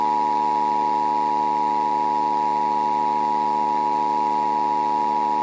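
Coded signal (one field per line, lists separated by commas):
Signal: Emergency Alert System (SAME) tones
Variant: 853 and 960 Hz attention tone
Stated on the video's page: Simulated EAS scenario for a Halloween AI uprising story; the tones are stated to be valid SAME tones.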